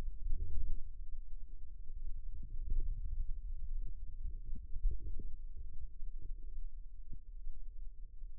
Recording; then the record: forearm muscle sounds (acoustic myography)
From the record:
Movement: hand opening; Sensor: system 2, bracelet of six BSWA MPA416 microphones around the upper forearm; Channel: 6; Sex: female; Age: 22 years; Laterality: right